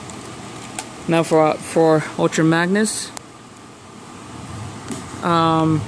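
The plastic leg joint of a 1986 Transformers G1 Ultra Magnus robot toy is straightened during transformation and gives a sharp click at 0.8 s as it locks into its straightened position. Someone then talks over a steady low background hum, with another brief knock near 4.9 s.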